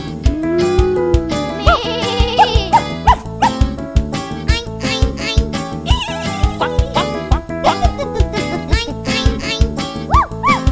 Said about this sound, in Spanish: La vaca dijo mu, el perro insistió guau guau.